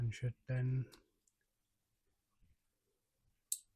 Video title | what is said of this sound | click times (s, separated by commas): Regulator Rectifier relocation - Royal Enfield Interceptor 650 & Continental GT 650 | click into place and you should be able to push that in there. | 3.5 s